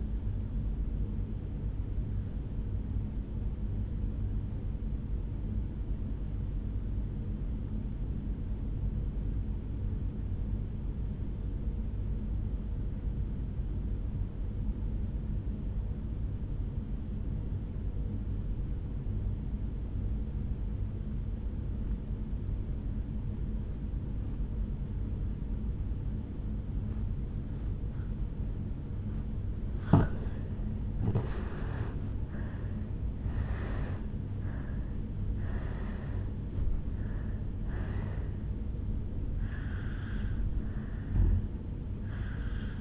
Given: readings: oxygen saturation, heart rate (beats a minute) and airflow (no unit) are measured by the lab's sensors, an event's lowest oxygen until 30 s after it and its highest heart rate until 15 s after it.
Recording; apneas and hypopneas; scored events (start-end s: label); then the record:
breathing in sleep by a smartphone at the bedside; 1
3.00-30.10 s: obstructive apnea (N2, oxygen 97% highest, then 82% lowest, heart rate 55 at the start, 77 highest)
From the record:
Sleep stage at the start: N2 (light sleep); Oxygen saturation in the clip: 83 to 97%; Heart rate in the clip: 53 to 77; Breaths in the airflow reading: 6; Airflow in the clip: -11.7 to 7.1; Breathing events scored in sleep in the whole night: 449 in 7.0 hours asleep